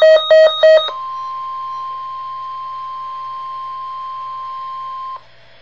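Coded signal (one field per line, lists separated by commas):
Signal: Emergency Alert System (SAME) tones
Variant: 1050 Hz attention tone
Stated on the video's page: Real Wisconsin statewide tornado drill alerts, recorded off the air.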